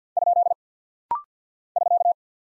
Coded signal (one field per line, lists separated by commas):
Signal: Morse code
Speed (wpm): 48 wpm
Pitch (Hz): 700 Hz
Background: none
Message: ? <SK>